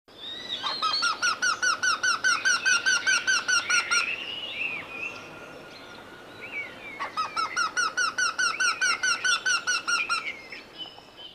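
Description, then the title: Eurasian wryneck giving two long series of many evenly spaced, ringing notes, separated by a pause. Announces itself with loud 'kii-kii' calls rather than drumming. "Käenpiika"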